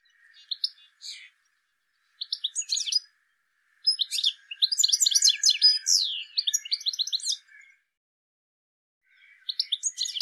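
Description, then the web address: Bird chirping in bursts of rapid, high twittering notes, several quick phrases running together, then pausing for a second or two before starting again. "cianscape birddata"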